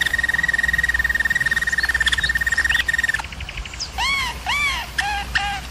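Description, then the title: German Roller canary holding a steady pure trill for about three seconds, then a stuttering passage and several arched, rising-falling whistled notes. German Roller canary singing, for canary song training. "German Roller Canary Singing - Canary Training Vid"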